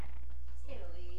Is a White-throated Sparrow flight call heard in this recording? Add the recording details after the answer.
no. No flight call is heard. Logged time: 00:19 on 14 September 2014